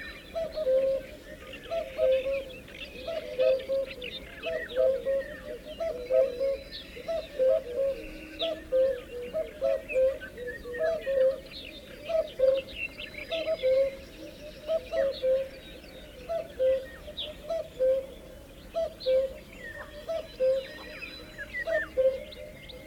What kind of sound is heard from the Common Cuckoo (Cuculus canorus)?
call